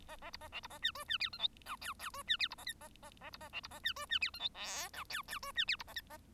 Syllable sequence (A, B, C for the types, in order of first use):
A A B A C B A D E D F G H I J J E D F B A K A A A B A C B A D E D F G H L I J J E D F B A K A